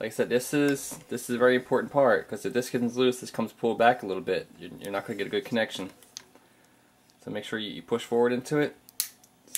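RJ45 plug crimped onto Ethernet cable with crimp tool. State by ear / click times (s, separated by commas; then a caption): seated / 9.0 s, 9.5 s. A crimping tool is squeezed onto a plastic RJ45 connector with the network cable wires pushed fully in, crimping it onto an Ethernet LAN cable. Someone talks, then after a pause sharp clicks ring out at 9.0 and 9.6 seconds. The connector is seated and crimped.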